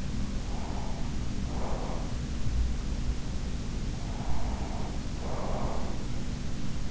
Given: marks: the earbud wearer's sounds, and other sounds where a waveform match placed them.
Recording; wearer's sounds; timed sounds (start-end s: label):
sounds in sleep by an in-ear microphone; breath
0.18-2.25 s: breath
3.84-6.91 s: breath